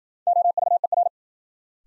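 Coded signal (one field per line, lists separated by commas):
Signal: Morse code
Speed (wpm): 53 wpm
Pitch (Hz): 700 Hz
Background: none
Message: OVER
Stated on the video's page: Morse new-word head-copy drill at 55 wpm, built on sentences from the top 100 words; each word is sent, spoken, then sent again.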